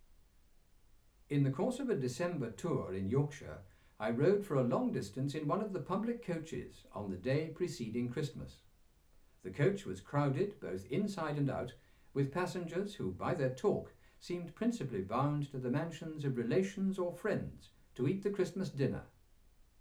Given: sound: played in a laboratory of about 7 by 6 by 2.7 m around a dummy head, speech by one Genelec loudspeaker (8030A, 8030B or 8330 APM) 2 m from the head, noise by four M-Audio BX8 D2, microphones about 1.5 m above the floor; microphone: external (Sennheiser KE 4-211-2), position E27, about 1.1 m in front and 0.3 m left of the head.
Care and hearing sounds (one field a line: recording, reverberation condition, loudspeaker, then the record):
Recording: male speech in English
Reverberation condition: low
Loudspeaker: 90 degrees to the left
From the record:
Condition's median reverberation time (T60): about 310 ms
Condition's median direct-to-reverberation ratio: about 3.5 dB